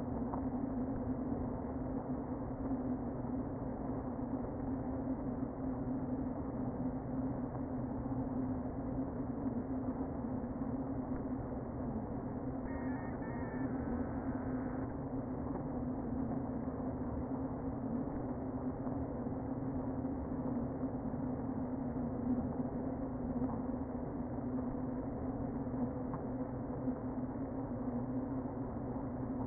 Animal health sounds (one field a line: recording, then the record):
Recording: honeybee colony, microphone inside the hive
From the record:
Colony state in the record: queen present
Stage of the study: before two queens were removed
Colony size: about 60,000 bees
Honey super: yes